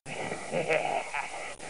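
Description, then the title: Horse whinny: a short, quavering nasal call with wavering pitch, lasting about half a second before tailing off. "HORLAUGH"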